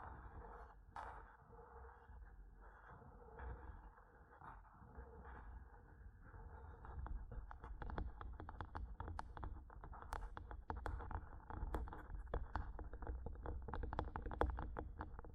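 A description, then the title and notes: Tapping and scratching on a microphone. The first few seconds are softer, rubbing scratches with a low hum and an occasional sharp tap. From about seven seconds on, quick, dense taps take over, growing louder and busier to the end. ASMR Mic Tapping and Scratching (No Talking).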